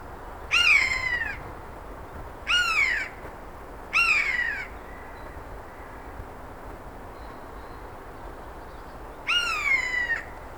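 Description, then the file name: Eurasian jay calls: three falling, harmonic mews in quick succession, a long quiet pause, then one final mew. "Garrulus glandarius"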